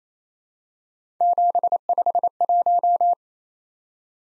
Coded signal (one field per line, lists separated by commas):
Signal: Morse code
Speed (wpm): 29 wpm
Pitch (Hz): 700 Hz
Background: none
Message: 751